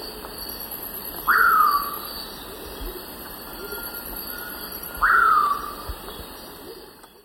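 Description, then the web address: Ocellated poorwill giving two clear whistled calls about four seconds apart, each sharply rising then sliding down, over a steady high hum. Eastern lowlands of South America. "Natures Songs S America Eastern Lowlands. Ocellated Poorwill"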